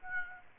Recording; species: mosquito wingbeat signal from an infrared sensor; Aedes aegypti